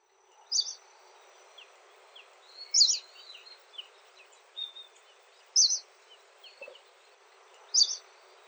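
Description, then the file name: Pallas's reed bunting giving several short, high, sharp call notes at irregular intervals, with faint thin chirps in between. Recorded at Yoshigai, Nagasaki, on 6 November 2019. "shibariajurin nagasaki yoshigai"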